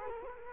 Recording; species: mosquito wingbeat signal from an infrared sensor; Culex quinquefasciatus